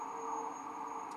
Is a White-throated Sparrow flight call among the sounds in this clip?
no